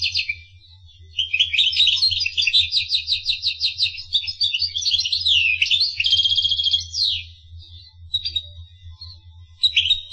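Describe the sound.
Finch song, a bright run of quick trilled chirps and buzzy notes, pausing briefly near the start and end, over a constant low hum.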